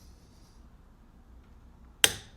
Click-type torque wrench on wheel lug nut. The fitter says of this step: we're going to see till we hear the click.